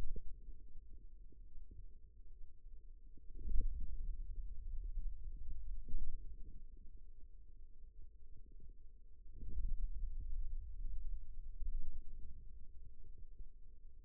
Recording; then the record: forearm muscle sounds (acoustic myography)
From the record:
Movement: ulnar deviation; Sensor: system 2, bracelet of six BSWA MPA416 microphones around the upper forearm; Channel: 3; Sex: male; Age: 22 years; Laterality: right